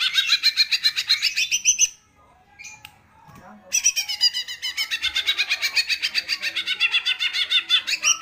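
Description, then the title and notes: Greater green leafbird song, a fast run of buzzy, chirping notes repeated several times a second, a brief pause, then more rapid chattering phrases. Singing actively ('gacor'); masteran and pancingan, training and prompting audio for cage birds. "Masteran & Pancingan Cucak Ijo Gacor. Burung Cucak Ijo"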